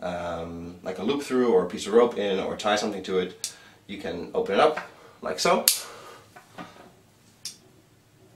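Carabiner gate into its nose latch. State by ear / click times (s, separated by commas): seated / 7.5 s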